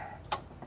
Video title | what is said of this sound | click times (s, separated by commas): 350z install A/C Compressor | Supposed to hear a click, which I just heard. | 0.3 s